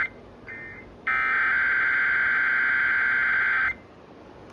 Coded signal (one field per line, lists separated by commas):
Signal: Emergency Alert System (SAME) tones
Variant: header bursts